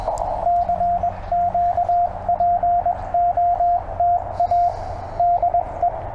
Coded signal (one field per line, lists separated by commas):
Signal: Morse code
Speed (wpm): 21 wpm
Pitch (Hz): 700 Hz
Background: radio noise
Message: CQPOTA DE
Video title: CW POTA WITH MY TR-35...AND DX TOO! #cw #morsecode #parksontheair